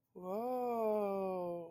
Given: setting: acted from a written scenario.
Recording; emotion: vocal sound without words; interest